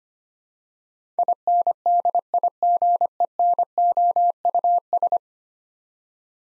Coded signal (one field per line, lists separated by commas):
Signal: Morse code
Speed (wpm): 25 wpm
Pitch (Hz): 700 Hz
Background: none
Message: INDIGENOUS